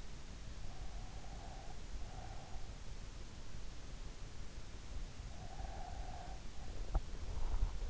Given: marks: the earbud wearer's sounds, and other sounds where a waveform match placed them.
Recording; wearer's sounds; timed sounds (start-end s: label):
sounds in sleep by an in-ear microphone; breath, teeth grinding
0.57-2.75 s: breath
5.29-7.90 s: breath
6.62-7.78 s: teeth grinding